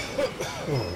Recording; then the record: coughing mixed with background sound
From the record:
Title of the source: Dry Afternoon Cough